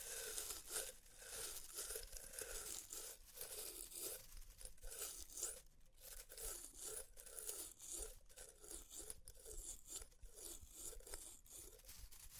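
Experimental triggers in test tubes: a dense, crackling rustle runs through the whole twelve seconds, bright and gritty like tearing or crunching material. Short scraping strokes repeat roughly twice a second with a steady rhythm, each one briefly rising in pitch.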